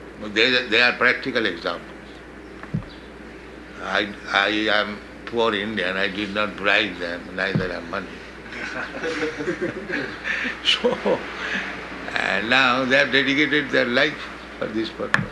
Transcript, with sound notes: They are practical examples. I am poor Indian. I did not bribe them, neither I have money. [laughter] So now they have dedicated their life for this purpose.